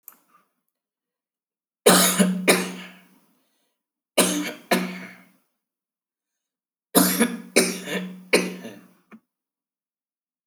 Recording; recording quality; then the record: heavy voluntary cough; excellent, no background noise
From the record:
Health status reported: respiratory illness, not identified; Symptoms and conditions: hypertension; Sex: male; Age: 40 years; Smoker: not ticked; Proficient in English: yes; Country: India